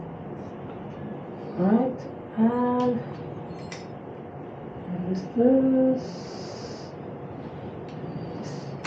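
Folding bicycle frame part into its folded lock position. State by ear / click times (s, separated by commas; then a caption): seated / 8.9 s. While someone talks, a part of a Brompton folding bicycle frame is swung around into its folded position and locked down. A brief sharp sound is heard at 3.7 s, and the part clicks into place at 8.9 s, seating in its folded lock position.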